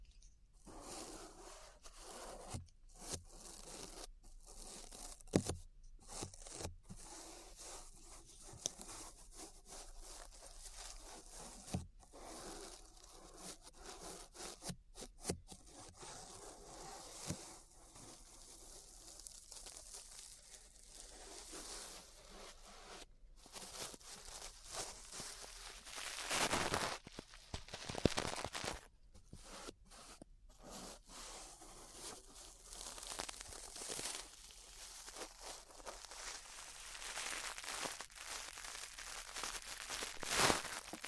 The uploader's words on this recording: ASMR Relaxing 3Dio Ear Brushing (No Talking).